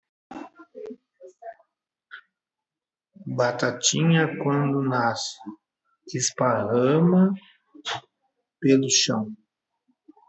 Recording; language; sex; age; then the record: short text; Brazilian Portuguese; male; 50 to 59 years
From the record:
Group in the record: control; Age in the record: 57 years